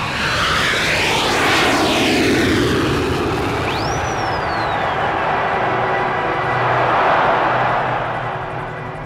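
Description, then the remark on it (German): A jumbo jet bound for Rio de Janeiro lifts heavily off the runway at Heathrow Airport under a grey sky in light drizzle, with a heavy, steady roar of engines, a high whine sweeping downward through the rumble as the sound swells and slowly eases off. No voices. “Anderthalb Stunden später hob sein Jumbo-Jet nach Rio de Janeiro bei grauem Himmel und leichtem Nieselregen schwerfällig von der Startbahn ab.”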